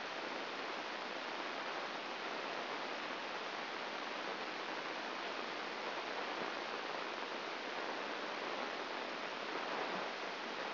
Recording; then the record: brain microelectrode recording played as sound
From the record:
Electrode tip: inside the subthalamic nucleus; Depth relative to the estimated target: 2 mm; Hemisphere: left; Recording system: AlphaMap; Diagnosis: Parkinson's disease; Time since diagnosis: 9 years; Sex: female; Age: 40 years